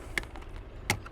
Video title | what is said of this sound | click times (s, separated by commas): Rejuvenating a Neglected Straight-Six BMW E46 325i Touring - Project Cologne: Part 4 | make sure it clicks as well. Plug it back in | 0.2 s, 0.9 s